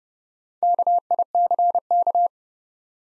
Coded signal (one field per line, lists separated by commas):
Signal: Morse code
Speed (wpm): 31 wpm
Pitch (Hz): 700 Hz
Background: none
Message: KICK